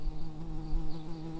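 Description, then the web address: Early bumblebee buzz: a steady, low droning hum with a fairly constant pitch and small wavering swells in loudness throughout. Workers. "Pratorum workers"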